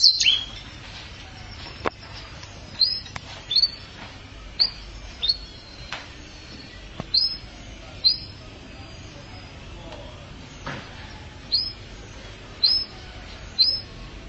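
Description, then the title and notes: Canary chirps: short high notes repeated at irregular intervals, mostly about a second apart, over low background noise with occasional clicks. "Suara Burung Kenari"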